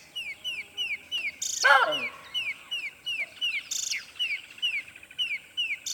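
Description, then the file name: Baboon call: a loud, harmonic wail sliding downward, over birds giving steady repeated falling chirps. Close baboon with birds singing in the background. "Digiffects Sound Effects Library - Close Baboon with Birds Singing"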